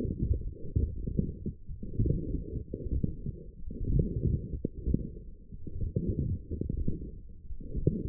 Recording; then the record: forearm muscle sounds (acoustic myography)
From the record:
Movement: forearm pronation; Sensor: system 1, eight BSWA MPA416 microphones around the upper forearm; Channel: 7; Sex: female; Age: 20 years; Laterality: right